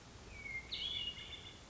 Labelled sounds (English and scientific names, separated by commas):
Hermit Thrush (Catharus guttatus)